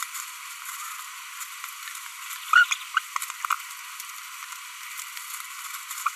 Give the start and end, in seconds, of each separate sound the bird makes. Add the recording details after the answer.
2.53-2.64, 2.71-2.74, 6.06-6.08. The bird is a female. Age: 25 days. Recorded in a nest box in Venezuela. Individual 17B42B1